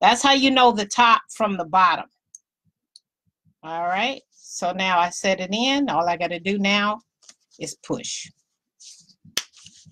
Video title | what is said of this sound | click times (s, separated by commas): Custom Cover Buttons | y'all hear that snap it just snapped in for me this one's done okay | 9.4 s